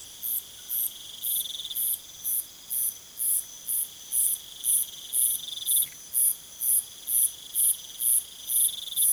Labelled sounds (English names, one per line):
none